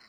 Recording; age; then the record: pig call; piglet (1 to 25 days)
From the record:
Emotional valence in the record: positive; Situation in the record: short reunion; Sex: male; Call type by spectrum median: high-frequency call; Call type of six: low-frequency tonal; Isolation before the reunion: 3 minutes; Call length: 0.09 s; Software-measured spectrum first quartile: 1573 Hz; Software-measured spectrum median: 2906 Hz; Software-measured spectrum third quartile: 4563 Hz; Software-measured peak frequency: 4155 Hz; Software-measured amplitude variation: 91 dB a second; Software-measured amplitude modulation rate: 11.0 a second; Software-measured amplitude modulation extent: 8.3 dB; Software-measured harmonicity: -0.5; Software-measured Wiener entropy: -1.54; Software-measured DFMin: 567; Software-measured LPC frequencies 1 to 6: 1336, 2010, 4152, 4725, 5279, 7209 Hz